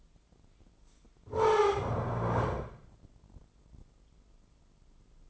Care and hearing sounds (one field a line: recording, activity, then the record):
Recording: daily activity, microphone in the room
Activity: stand up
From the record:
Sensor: 5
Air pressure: 996.1 hPa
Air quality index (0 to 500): 245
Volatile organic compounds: 479 ppm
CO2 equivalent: 4790 ppm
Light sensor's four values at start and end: 166/397/168/184 and 165/395/167/183